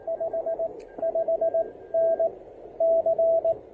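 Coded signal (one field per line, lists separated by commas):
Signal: Morse code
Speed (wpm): 18 wpm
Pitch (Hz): 660 Hz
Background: radio noise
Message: 55N C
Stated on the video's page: Morse from a POTA park activation on 20 and 30 meters using an Elecraft KX1.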